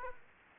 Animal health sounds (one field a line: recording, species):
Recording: mosquito wingbeat signal from an infrared sensor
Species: Aedes aegypti